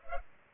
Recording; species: mosquito wingbeat signal from an infrared sensor; Culex pipiens